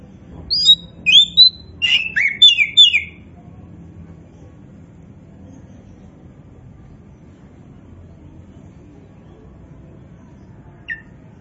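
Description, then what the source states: Oriental magpie-robin song: a quick burst of varied sweet whistles and rich slurred notes over about three seconds, then near silence with one short note near the end. Kacer poci variety; gacor, an Indonesian term for a bird singing actively and continuously.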